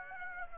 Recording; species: mosquito wingbeat signal from an infrared sensor; Aedes aegypti